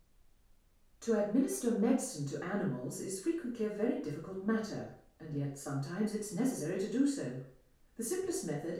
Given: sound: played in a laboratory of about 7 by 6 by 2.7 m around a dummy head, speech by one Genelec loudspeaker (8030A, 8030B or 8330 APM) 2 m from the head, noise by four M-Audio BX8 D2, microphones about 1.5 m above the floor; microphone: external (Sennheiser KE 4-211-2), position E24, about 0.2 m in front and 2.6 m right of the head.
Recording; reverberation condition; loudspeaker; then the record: female speech in English; medium; in front (0 degrees)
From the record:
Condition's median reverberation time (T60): about 510 ms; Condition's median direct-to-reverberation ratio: about -0.5 dB